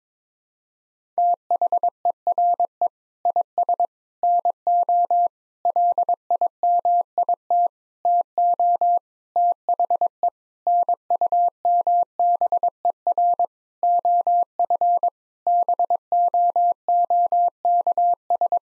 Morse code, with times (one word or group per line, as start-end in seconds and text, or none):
1.2-2.9 THERE
3.3-3.9 IS
4.2-5.3 NO
5.7-7.7 LIMIT
8.1-9.0 TO
9.4-10.3 THE
10.7-13.4 NUMBER
13.8-15.1 OF
15.5-18.6 BOOKS